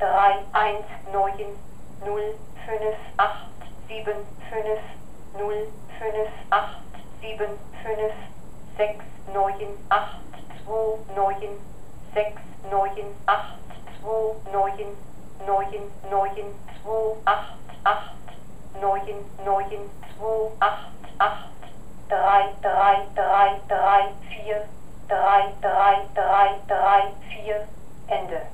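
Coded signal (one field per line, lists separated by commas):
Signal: numbers station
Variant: German machine voice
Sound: mechanical female voice reads German digits at an even pace, ending with "Ende"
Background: low electrical hum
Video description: Here's the actual machine behind all the various East-German numbers stations.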